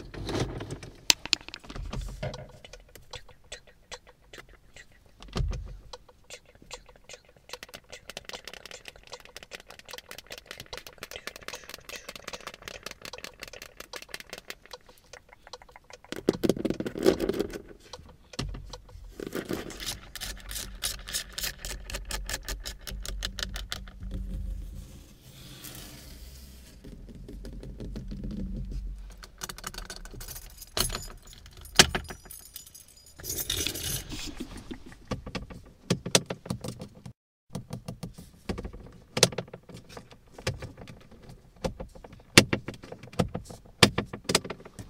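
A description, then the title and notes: Tapping and scratching inside a car, with irregular clicks and rustles spread throughout. Around the seventeen-second mark a heavier low thump and rumble arrives, and after about thirty seconds the tapping grows denser and sharper, with quick bright clicks. In my CAR tapping, scratching.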